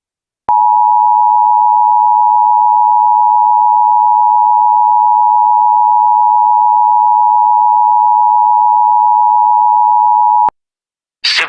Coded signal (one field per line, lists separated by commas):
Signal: Emergency Alert System (SAME) tones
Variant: 853 and 960 Hz attention tone